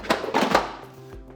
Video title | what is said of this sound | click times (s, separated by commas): Nuna Mixx Next 2020 - Nuna Mixx Next Full Review - Magic Beans - Best Fullsize Strollers | click it in like that. Really easy. | 0.5 s